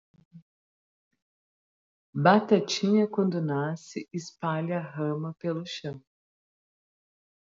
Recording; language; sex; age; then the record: short text; Brazilian Portuguese; female; 40 to 49 years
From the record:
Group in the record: control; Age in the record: 40 years